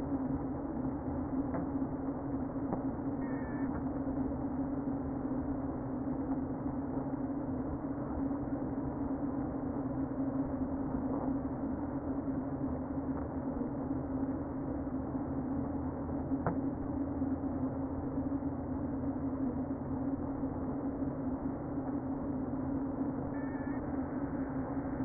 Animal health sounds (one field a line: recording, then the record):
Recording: honeybee colony, microphone inside the hive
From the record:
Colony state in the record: queen present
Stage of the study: before two queens were removed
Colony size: about 60,000 bees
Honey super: yes